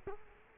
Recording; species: mosquito wingbeat signal from an infrared sensor; Culex quinquefasciatus